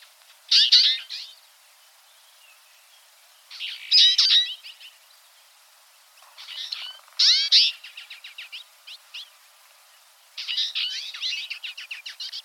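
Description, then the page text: Twite flock calls: bursts of sharp, buzzy chattering twitters in clusters every few seconds, with rapid trilled notes near the end. A small flock. "Чечетка горная (Acanthis flavirostris ) - Стайка"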